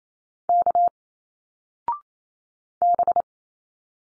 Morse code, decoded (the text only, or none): K B